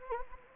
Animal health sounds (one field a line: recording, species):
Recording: mosquito wingbeat signal from an infrared sensor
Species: Anopheles gambiae